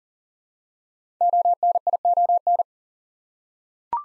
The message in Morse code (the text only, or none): ONION